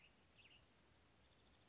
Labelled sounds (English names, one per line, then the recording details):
Western Tanager
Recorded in Sonoma County, California